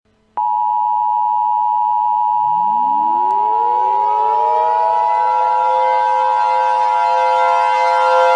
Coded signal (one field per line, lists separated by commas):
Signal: Emergency Alert System (SAME) tones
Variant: 853 and 960 Hz attention tone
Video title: TO THE FRONTROOMS - A Backrooms EAS Scenario (#6)